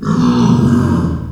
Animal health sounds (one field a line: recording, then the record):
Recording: squeal of a Yucatan mini pig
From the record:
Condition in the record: after surgery on the right vocal fold (resection and tissue-engineered implant)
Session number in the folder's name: 12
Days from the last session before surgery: 105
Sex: female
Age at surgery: 19 weeks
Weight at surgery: 25 kg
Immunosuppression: prednisolone